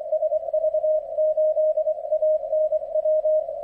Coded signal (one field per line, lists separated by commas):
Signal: Morse code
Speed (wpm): 20 wpm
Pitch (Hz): 620 Hz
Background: radio noise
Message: SV8ANW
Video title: OK1IF/QRP Rig: uSDX